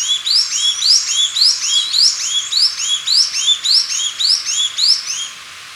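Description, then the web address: Hooded mountain tanager song, a vigorous rhythmic chatter of slurred, descending notes in a continuous, overlapping stream. Recorded in Ecuador. "Birds of Ecuador. Hooded Mountain-Tanager"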